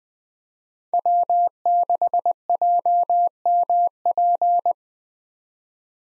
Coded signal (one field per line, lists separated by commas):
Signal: Morse code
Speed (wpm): 21 wpm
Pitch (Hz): 700 Hz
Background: none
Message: W6JMP